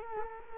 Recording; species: mosquito wingbeat signal from an infrared sensor; Culex quinquefasciatus